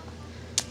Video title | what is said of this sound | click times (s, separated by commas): Kammok Sunda Hammock Tent | right there on top that locks into place | 0.6 s